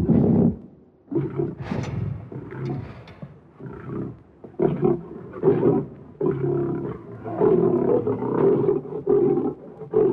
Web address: Madacy Music Group Inc 292 Sound Effects. Lions